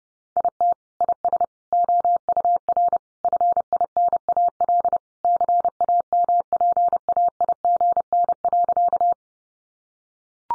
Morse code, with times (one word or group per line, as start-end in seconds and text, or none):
0.4-0.7 IT
1.0-1.4 IS
1.7-3.0 OUR
3.2-5.0 FINAL
5.2-9.1 CAMPAIGN.